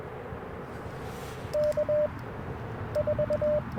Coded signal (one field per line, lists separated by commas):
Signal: Morse code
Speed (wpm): 20 wpm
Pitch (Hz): 600 Hz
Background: none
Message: K 4